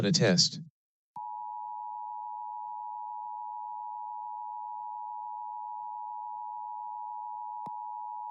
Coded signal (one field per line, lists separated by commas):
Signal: Emergency Alert System (SAME) tones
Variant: 853 and 960 Hz attention tone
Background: speech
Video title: LIVE AM/MW DX: DX Central Live - S. 3, Ep. 18 | Friday, February 24, 2023